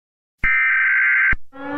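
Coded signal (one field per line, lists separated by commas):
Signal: Emergency Alert System (SAME) tones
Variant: header bursts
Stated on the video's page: Fictional EAS scenario about a long valley verneshot event.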